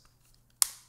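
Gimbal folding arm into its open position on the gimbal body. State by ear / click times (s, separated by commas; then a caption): seated / 0.6 s. The folding arm of a Zhiyun Cinepeer CQ5 pocket smartphone gimbal is pulled up to unfold it. After faint ticks, it locks into its open position on the gimbal body with a sharp click at 0.6 s, followed by a short bright ring that fades out. The arm is seated.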